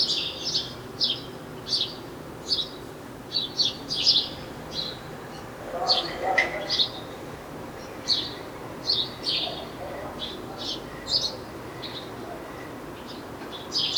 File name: Passer domesticus